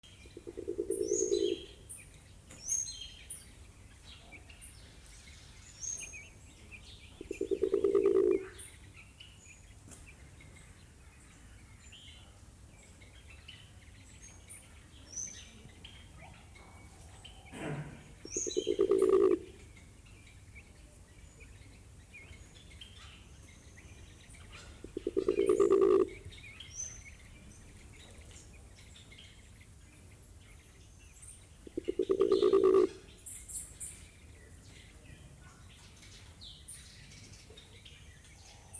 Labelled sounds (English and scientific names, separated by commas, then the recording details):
Mindanao Bleeding-heart (Gallicolumba crinigera) call
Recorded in captivity
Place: Tiergarten Wilhelma/Stuttgart, Baden-Württemberg, DE
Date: 2005-03-14 11:11
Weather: fair, 4-8°C
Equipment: Sony WM-D6C, Sony ECM-MS 907, Kopie Uher 4000 Report Monitor
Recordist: Tembrock, Günter
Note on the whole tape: Lautfolgen mit Kopfbeugen. Entfernung: 10 cm